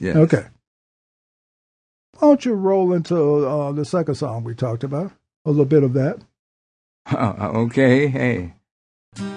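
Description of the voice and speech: An adult speaks fluently and clearly, asking for the second song, with ordinary pauses between phrases.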